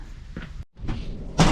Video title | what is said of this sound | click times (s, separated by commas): Electrical Panel Upgrade | all right guys that snaps right in | 1.4 s